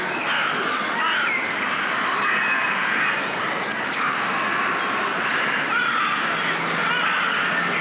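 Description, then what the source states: Crows calling as a crowd, rasping caws layered thickly together. A chorus of crows calling together.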